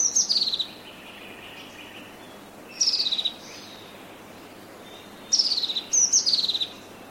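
Bird calls: clusters of high, thin, descending chirps come in short bursts every two to three seconds over a steady background hiss.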